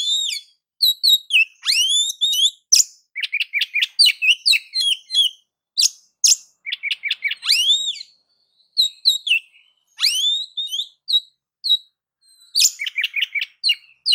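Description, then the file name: Oriental magpie-robin in sustained song, dense strings of rising whistles, rapid chirps and shrill high notes, nearly continuous for the whole stretch with a few short breaks. "Suara Kacer"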